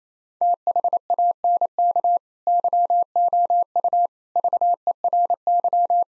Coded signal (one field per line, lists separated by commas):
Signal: Morse code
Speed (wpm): 28 wpm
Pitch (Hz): 700 Hz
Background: none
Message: THANK YOU VERY